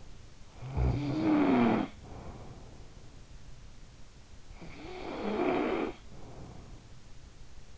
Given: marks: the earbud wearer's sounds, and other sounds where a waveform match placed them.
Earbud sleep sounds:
sounds in sleep by an in-ear microphone; snoring breath
0.38-2.89 s: snoring breath
4.15-6.92 s: snoring breath

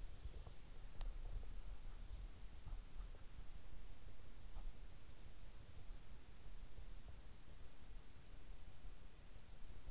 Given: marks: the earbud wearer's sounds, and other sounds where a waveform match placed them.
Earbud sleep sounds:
sounds in sleep by an in-ear microphone; teeth grinding
0.00-3.44 s: teeth grinding

